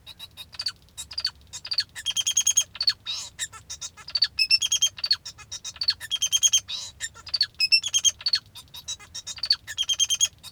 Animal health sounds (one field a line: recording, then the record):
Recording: song of a male Bengalese finch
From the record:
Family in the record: father 2